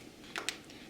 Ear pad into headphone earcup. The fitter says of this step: some audible clicks. There you go.